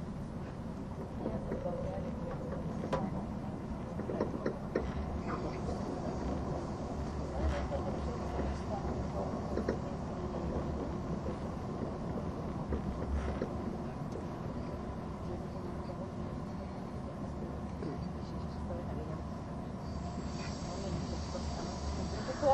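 Inside a train on the Gotthard Base Tunnel route, a steady low rumble and roar run unbroken throughout. Faint clicks and knocks come at scattered intervals, and a soft hiss rises higher near the end. Murmured voices sit in the background.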